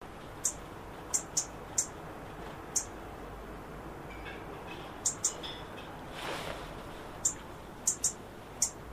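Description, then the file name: European robin repeating sharp, high tick calls, often in pairs, with a brief soft rush of noise midway and a faint whistle. "Erithacus rubecula"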